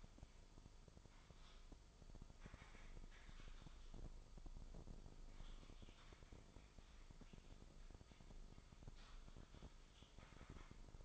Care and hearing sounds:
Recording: daily activity, microphone in the room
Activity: typing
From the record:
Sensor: 5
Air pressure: 995.4 hPa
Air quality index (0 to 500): 87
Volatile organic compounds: 4 ppm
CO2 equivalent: 1614 ppm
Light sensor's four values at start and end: 36/87/35/37 and 36/87/35/37

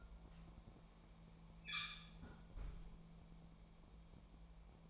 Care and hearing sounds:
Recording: daily activity, microphone in the room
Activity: close fridge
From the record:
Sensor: 1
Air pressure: 1000.2 hPa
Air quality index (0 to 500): 132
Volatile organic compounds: 2 ppm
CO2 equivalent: 1251 ppm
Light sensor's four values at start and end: 36/92/38/47 and 36/92/39/47

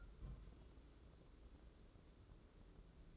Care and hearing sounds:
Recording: daily activity, microphone in the room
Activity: place on stove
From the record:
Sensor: 3

